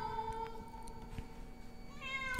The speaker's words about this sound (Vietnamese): Như chứng minh suy nghĩ của Diệu, một con mèo đen từ đâu nhảy tới trước mặt. Sau đó nó nhìn chằm chằm vào Diệu mà kêu lên những tiếng thê lương.